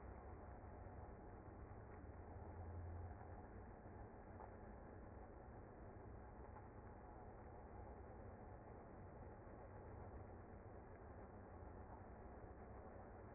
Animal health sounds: honeybee colony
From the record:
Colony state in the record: active

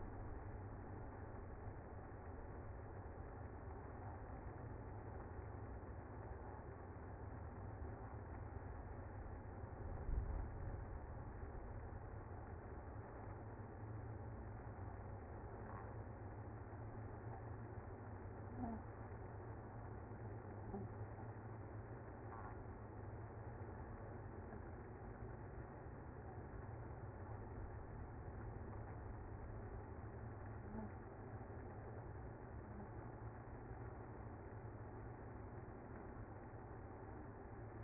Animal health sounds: honeybee colony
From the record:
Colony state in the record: active

